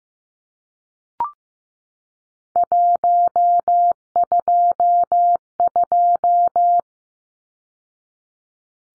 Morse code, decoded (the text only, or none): 122